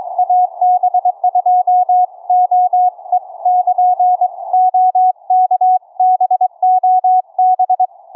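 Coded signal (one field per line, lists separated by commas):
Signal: Morse code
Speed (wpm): 22 wpm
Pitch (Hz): 730 Hz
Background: none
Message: AB2OE <KN> OK BOB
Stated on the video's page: Live 40 m HF CW QSO keyed with iambic paddles through an experimental homebrew remote rig using audio over IP.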